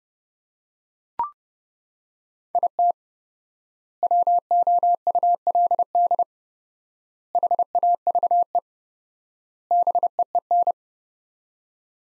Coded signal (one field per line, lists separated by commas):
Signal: Morse code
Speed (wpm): 29 wpm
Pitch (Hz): 700 Hz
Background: none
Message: IT WOULD HAVE BEEN